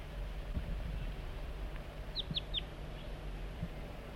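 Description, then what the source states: Crossbill calls, three short descending chip notes in quick succession, over steady low rumbling background noise. Juvenile crossbill on a perch.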